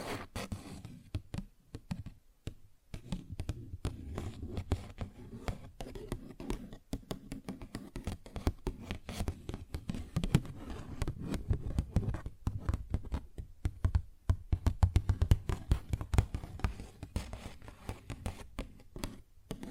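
Paper bag being tapped and scratched, with dense, irregular bursts of crisp rustling and sharp taps running throughout. The hits come rapidly and unevenly, with a dull low thump under many of them and brief pauses near 2.5 and 12 seconds.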